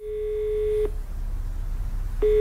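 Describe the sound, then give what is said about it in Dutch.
A telephone ringback tone on an outgoing call: a steady, mid-pitched electronic beep sounds for nearly a second, falls silent over a low background hum, then starts again. “Die krijg je op een gegeven moment aan de telefoon.”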